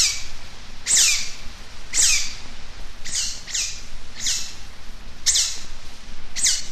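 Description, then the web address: Eurasian otter uttering repeated high, falling squeals roughly once a second, seven or so shrill calls over a steady low hum. "european otter"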